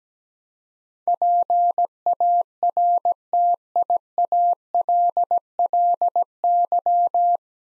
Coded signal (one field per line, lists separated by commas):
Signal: Morse code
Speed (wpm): 17 wpm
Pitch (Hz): 700 Hz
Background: none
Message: PARTIALLY